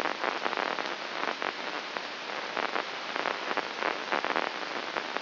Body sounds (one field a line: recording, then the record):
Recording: brain microelectrode recording played as sound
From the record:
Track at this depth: inside the subthalamic nucleus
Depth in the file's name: 4.602 mm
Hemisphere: right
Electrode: 2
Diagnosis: Parkinson's disease